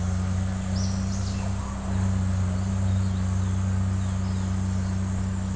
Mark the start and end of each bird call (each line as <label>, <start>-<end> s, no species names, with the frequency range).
bird call (3.7-6.4 kHz), 0.75-0.94 s
bird call (0.3-2.2 kHz), 1.37-1.75 s